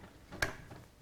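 A 24-pin ATX power plug is pushed with two hands onto the motherboard socket, and its latch clicks sharply into position at 0.4 s over a quiet background. The connector is seated and is then tugged lightly to check that it holds.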